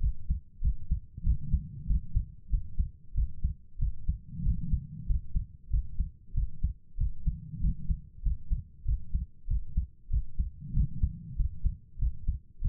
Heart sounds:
heart sounds by stethoscope; 95 bpm
0.60 s: heartbeat
1.22 s: heartbeat
1.85 s: heartbeat
2.49 s: heartbeat
3.13 s: heartbeat
3.77 s: heartbeat
4.42 s: heartbeat
5.05 s: heartbeat
5.69 s: heartbeat
6.33 s: heartbeat
6.96 s: heartbeat
7.59 s: heartbeat
8.22 s: heartbeat
8.84 s: heartbeat
9.46 s: heartbeat
10.09 s: heartbeat
10.72 s: heartbeat
11.35 s: heartbeat
11.97 s: heartbeat
12.60 s: heartbeat
From the record:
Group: healthy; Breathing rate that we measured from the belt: 20 breaths a minute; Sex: female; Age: 32 years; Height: 172 cm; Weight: 71.7 kg

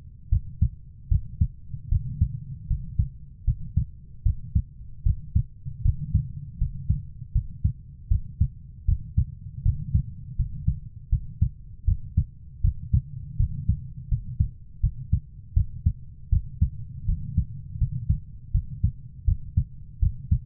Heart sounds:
heart sounds by stethoscope; 79 bpm
0.29 s: heartbeat
1.09 s: heartbeat
1.89 s: heartbeat
2.67 s: heartbeat
3.45 s: heartbeat
4.23 s: heartbeat
5.03 s: heartbeat
5.82 s: heartbeat
6.58 s: heartbeat
7.32 s: heartbeat
8.08 s: heartbeat
8.85 s: heartbeat
9.63 s: heartbeat
10.36 s: heartbeat
11.09 s: heartbeat
11.85 s: heartbeat
12.61 s: heartbeat
13.37 s: heartbeat
14.09 s: heartbeat
14.81 s: heartbeat
15.54 s: heartbeat
16.30 s: heartbeat
17.06 s: heartbeat
17.78 s: heartbeat
18.52 s: heartbeat
19.25 s: heartbeat
20.00 s: heartbeat
From the record:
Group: healthy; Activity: rest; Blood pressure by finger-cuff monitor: 121/72 mmHg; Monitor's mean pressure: 90 mmHg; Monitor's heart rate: 79 bpm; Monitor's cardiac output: 6.8 L/min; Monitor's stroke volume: 86 mL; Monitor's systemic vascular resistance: 980 dyn s/cm5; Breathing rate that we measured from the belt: 16 breaths a minute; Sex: female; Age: 24 years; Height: 163 cm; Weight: 55.7 kg

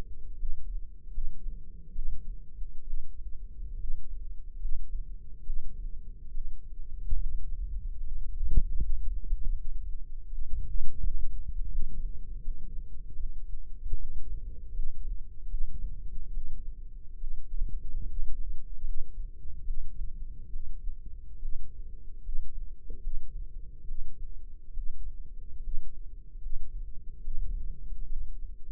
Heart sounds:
heart sounds by microphone in the left ear; 74 bpm
0.35 s: heartbeat
1.10 s: heartbeat
1.92 s: heartbeat
2.83 s: heartbeat
3.76 s: heartbeat
4.57 s: heartbeat
5.42 s: heartbeat
6.30 s: heartbeat
7.16 s: heartbeat
8.00 s: heartbeat
8.79 s: heartbeat
9.54 s: heartbeat
10.27 s: heartbeat
10.99 s: heartbeat
11.68 s: heartbeat
12.40 s: heartbeat
13.15 s: heartbeat
13.95 s: heartbeat
14.71 s: heartbeat
15.47 s: heartbeat
16.30 s: heartbeat
17.17 s: heartbeat
18.05 s: heartbeat
18.83 s: heartbeat
19.63 s: heartbeat
20.49 s: heartbeat
21.38 s: heartbeat
22.20 s: heartbeat
23.00 s: heartbeat
23.84 s: heartbeat
24.72 s: heartbeat
25.60 s: heartbeat
26.38 s: heartbeat
27.20 s: heartbeat
28.06 s: heartbeat
From the record:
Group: healthy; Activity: rest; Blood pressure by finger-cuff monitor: 140/82 mmHg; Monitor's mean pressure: 98 mmHg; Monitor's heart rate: 73 bpm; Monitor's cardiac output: 6.3 L/min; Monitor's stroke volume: 87 mL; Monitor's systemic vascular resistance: 1130 dyn s/cm5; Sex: female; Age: 22 years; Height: 171 cm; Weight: 65.6 kg

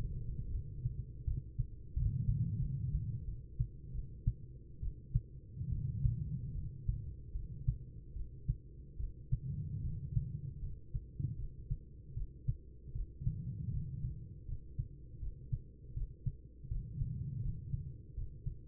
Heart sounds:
heart sounds by stethoscope; 78 bpm
0.51 s: heartbeat
1.24 s: heartbeat
1.93 s: heartbeat
2.59 s: heartbeat
3.24 s: heartbeat
3.92 s: heartbeat
4.80 s: heartbeat
5.69 s: heartbeat
6.52 s: heartbeat
7.32 s: heartbeat
8.13 s: heartbeat
8.97 s: heartbeat
9.81 s: heartbeat
10.59 s: heartbeat
11.36 s: heartbeat
12.14 s: heartbeat
12.93 s: heartbeat
13.71 s: heartbeat
14.46 s: heartbeat
15.20 s: heartbeat
15.94 s: heartbeat
16.68 s: heartbeat
17.42 s: heartbeat
18.14 s: heartbeat
From the record:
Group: healthy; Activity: rest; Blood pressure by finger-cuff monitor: 121/77 mmHg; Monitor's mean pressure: 95 mmHg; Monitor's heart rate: 76 bpm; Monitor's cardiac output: 6 L/min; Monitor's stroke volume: 79 mL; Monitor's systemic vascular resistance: 1250 dyn s/cm5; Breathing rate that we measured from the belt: 16 breaths a minute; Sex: female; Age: 43 years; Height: 160 cm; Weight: 90 kg

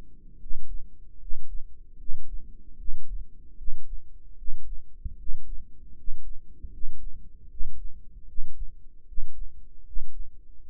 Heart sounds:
heart sounds by microphone in the right ear; 76 bpm
0.39 s: heartbeat
1.19 s: heartbeat
1.97 s: heartbeat
2.77 s: heartbeat
3.56 s: heartbeat
4.36 s: heartbeat
5.17 s: heartbeat
5.95 s: heartbeat
6.71 s: heartbeat
7.49 s: heartbeat
8.26 s: heartbeat
9.06 s: heartbeat
9.84 s: heartbeat
10.61 s: heartbeat
From the record:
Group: healthy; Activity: rest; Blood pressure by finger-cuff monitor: 121/75 mmHg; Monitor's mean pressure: 85 mmHg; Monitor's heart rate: 75 bpm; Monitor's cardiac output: 6.3 L/min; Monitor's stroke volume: 82 mL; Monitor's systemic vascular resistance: 990 dyn s/cm5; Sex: male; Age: 35 years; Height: 180 cm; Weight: 86.9 kg

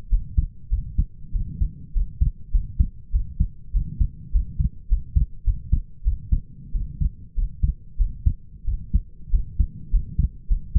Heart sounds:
heart sounds by stethoscope; 98 bpm
0.10 s: heartbeat
0.70 s: heartbeat
1.33 s: heartbeat
1.94 s: heartbeat
2.52 s: heartbeat
3.12 s: heartbeat
3.73 s: heartbeat
4.32 s: heartbeat
4.89 s: heartbeat
5.45 s: heartbeat
6.04 s: heartbeat
6.73 s: heartbeat
7.36 s: heartbeat
7.98 s: heartbeat
8.66 s: heartbeat
9.31 s: heartbeat
9.91 s: heartbeat
10.48 s: heartbeat
From the record:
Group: healthy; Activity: rest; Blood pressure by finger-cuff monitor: 120/59 mmHg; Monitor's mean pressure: 77 mmHg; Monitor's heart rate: 98 bpm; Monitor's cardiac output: 8.3 L/min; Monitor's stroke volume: 84 mL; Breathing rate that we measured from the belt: 23 breaths a minute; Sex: male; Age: 22 years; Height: 181 cm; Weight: 60 kg

